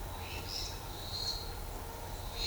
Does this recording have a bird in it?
no